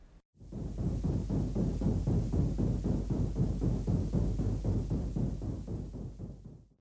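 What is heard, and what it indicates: A tinnitus hearing sample showing what tinnitus sounds like: a low, rhythmic throbbing pulse of about four beats per second, concentrated below 200 Hz with no high-pitched content, fading in at the start and out at the end.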